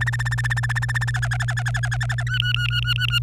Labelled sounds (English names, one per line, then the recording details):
Domestic Canary song
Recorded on 26 April 2018 at 08:00
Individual llb3